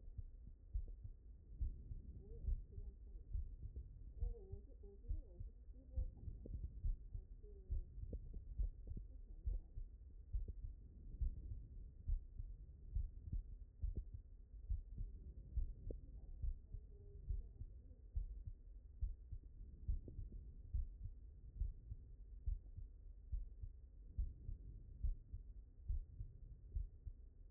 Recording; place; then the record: heart sounds by stethoscope; mitral valve (MV)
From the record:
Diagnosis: non-HFrEF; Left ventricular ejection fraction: 67%